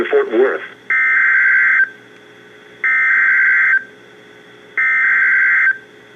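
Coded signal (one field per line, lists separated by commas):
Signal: Emergency Alert System (SAME) tones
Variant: header bursts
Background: speech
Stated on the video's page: Severe thunderstorm warning for Tarrant County, Texas, from weather radio transmitter KEC56.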